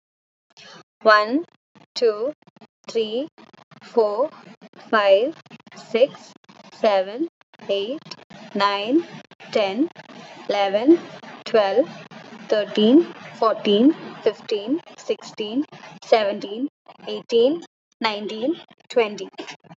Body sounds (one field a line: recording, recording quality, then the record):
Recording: counting at a normal pace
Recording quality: excellent, no background noise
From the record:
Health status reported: COVID-19 positive, mild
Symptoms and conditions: cold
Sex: female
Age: 23 years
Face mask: not worn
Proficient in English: no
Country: India